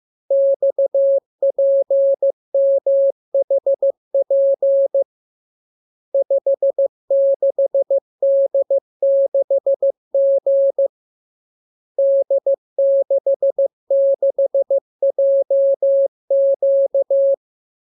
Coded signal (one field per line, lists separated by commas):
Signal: Morse code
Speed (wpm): 15 wpm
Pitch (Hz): 550 Hz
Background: none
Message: XPMHP 56D6G D66JQ